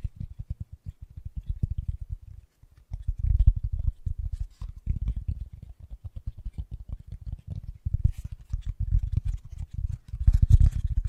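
Fast, gentle tapping runs in dense, quick bursts of soft low thuds, pausing briefly near two and four seconds, with occasional brighter ticks.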